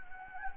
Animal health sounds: mosquito wingbeat signal from an infrared sensor; Anopheles gambiae

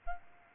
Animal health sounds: mosquito wingbeat signal from an infrared sensor; Aedes albopictus

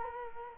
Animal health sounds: mosquito wingbeat signal from an infrared sensor; Culex quinquefasciatus

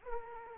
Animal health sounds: mosquito wingbeat signal from an infrared sensor; Aedes aegypti

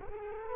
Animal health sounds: mosquito wingbeat signal from an infrared sensor; Culex quinquefasciatus

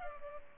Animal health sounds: mosquito wingbeat signal from an infrared sensor; Culex pipiens

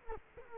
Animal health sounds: mosquito wingbeat signal from an infrared sensor; Culex quinquefasciatus

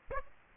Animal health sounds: mosquito wingbeat signal from an infrared sensor; Aedes aegypti

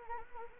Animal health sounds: mosquito wingbeat signal from an infrared sensor; Anopheles arabiensis

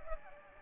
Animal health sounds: mosquito wingbeat signal from an infrared sensor; Aedes aegypti

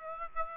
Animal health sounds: mosquito wingbeat signal from an infrared sensor; Aedes aegypti

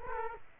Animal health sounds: mosquito wingbeat signal from an infrared sensor; Culex quinquefasciatus

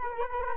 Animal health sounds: mosquito wingbeat signal from an infrared sensor; Culex quinquefasciatus

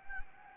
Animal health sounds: mosquito wingbeat signal from an infrared sensor; Anopheles gambiae

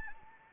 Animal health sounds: mosquito wingbeat signal from an infrared sensor; Anopheles arabiensis

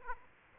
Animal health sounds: mosquito wingbeat signal from an infrared sensor; Aedes aegypti

